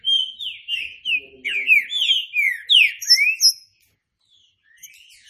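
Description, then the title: Green-winged saltator song: a run of clear, slurred whistles, several falling sharply, ending abruptly, followed by quiet whistles. Classic song style (canto clássico) used as a training recording. "Canto Clássico Trinca Ferro TREINAMENTO"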